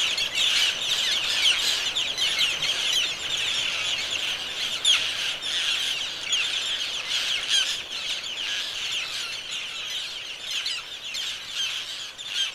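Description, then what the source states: Roseate terns calling in a steady, busy chorus of grating, overlapping notes, without pause from start to finish. General vocalizations of a seabird.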